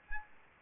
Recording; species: mosquito wingbeat signal from an infrared sensor; Aedes albopictus